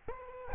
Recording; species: mosquito wingbeat signal from an infrared sensor; Aedes albopictus